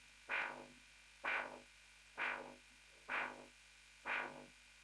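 Five regular whooshing pulses, about 64 a minute, each a sharp rising swoosh fading over roughly half a second: a steady heartbeat picked up by a Doppler device, with a faint steady hiss between beats.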